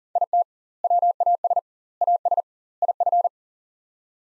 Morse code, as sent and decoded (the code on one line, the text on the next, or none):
.. - / .-- .- ... / .- ... / .. ..-.
IT WAS AS IF